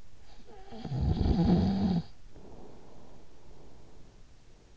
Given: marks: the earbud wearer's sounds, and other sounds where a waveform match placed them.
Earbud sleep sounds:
sounds in sleep by an in-ear microphone; snoring breath
0.26-4.77 s: snoring breath

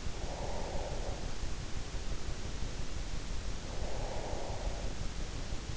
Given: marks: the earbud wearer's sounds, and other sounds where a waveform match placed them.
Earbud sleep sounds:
sounds in sleep by an in-ear microphone; breath
0.00-1.61 s: breath
3.78-5.10 s: breath

